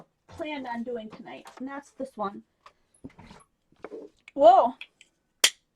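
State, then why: Partly seated. Someone talks, then a roller or handle piece snapped onto a plastic craft brayer tool comes loose with a sharp snap at 5.4 s. The piece had not been snapped all the way on, so the fit was only partial.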